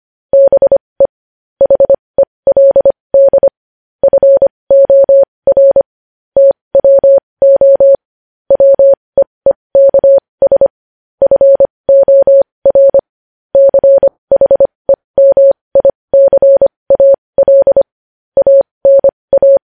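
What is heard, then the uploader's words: Morse code tapped out as a single steady tone near 600 Hz, switching on and off in short dots and longer dashes grouped into characters. Brief gaps separate letters and words across the twenty seconds, with no background sound between beeps. Morse code.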